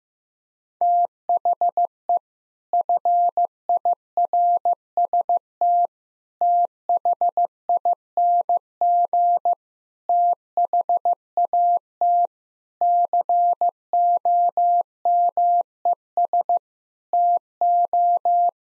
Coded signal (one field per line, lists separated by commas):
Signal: Morse code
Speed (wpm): 15 wpm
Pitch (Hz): 700 Hz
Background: none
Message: THE FIRST THING THAT COMES TO